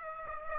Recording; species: mosquito wingbeat signal from an infrared sensor; Aedes aegypti